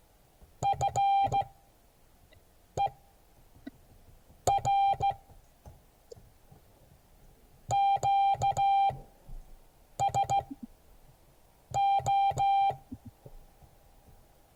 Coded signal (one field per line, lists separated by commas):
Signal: Morse code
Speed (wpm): 15 wpm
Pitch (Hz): 790 Hz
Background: none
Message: FER QSO